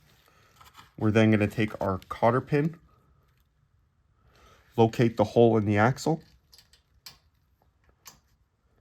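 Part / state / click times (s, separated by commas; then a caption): spring cotter pin into a generator wheel axle / seated / 7.1 s. A spring cotter (hitch) pin is pushed through the hole in the wheel axle of a Firman P03501 portable generator's wheel kit while someone talks. After the talking, a few faint handling taps lead to the pin snapping home over the axle with a sharp click at 7.1 s, and the pin is seated.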